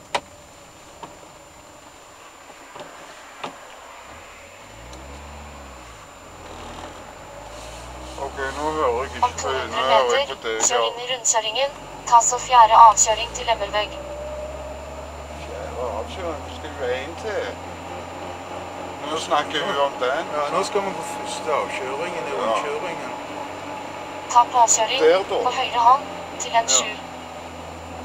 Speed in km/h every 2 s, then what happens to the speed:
8, 0, 2, 8, 14, 15, 20, 26, 30, 32, 32, 33, 32, 29.
0-2 brakes to 0. 2-4 standing. 4-16 pulls away to 30. 16-28 steady at about 32.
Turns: none.